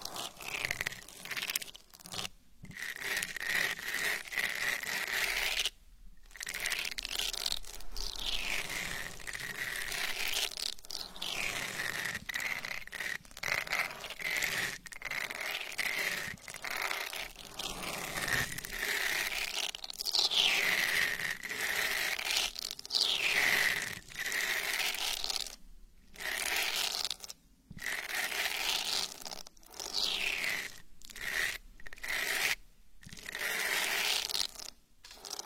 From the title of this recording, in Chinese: 睫毛刷，刷刷你的小耳朵